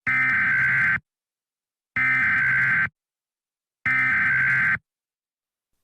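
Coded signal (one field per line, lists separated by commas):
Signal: Emergency Alert System (SAME) tones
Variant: header bursts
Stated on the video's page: Fictional national emergency EAS alert containing valid EAS tones.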